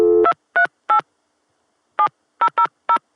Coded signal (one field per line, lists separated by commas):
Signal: DTMF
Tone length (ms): 90 ms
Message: 238 7000